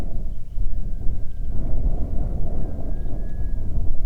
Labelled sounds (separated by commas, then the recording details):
songbird, loon, wind
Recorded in the Prudhoe Bay oil fields, Alaska, on 31 July 2019 at 07:34
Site 24